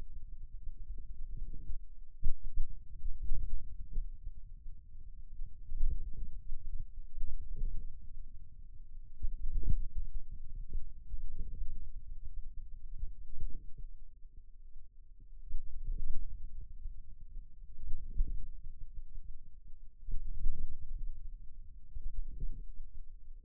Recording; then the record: forearm muscle sounds (acoustic myography)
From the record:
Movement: wrist flexion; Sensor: system 2, bracelet of six BSWA MPA416 microphones around the upper forearm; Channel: 2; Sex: male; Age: 22 years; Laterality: right